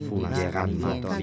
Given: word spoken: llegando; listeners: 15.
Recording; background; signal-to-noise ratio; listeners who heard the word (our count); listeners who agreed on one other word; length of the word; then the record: one Spanish word in noise, from a listening test; four-talker babble; -1.3 dB; 4 of 15; 7 of 15; 0.83 s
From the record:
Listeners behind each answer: 7, 4, 1, 1, 1, 1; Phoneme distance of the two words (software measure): 54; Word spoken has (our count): 3 syllables, 7 phonemes, stress on syllable 2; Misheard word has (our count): 2 syllables, 5 phonemes, stress on syllable 1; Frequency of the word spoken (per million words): 23.02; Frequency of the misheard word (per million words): 0.37